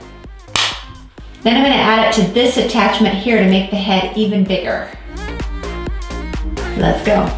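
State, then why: Seated. A triangular plastic brush attachment is pushed onto the main head of a McCulloch steam cleaner and clicks into place with a sharp, loud hit at 0.6 s. Someone then talks while music plays underneath. The attachment is seated on the head.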